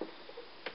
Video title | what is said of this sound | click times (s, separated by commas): Transformers HFTD Banzaitron Voyager Class review. | and these flaps here click into place on the shoulder | 0.7 s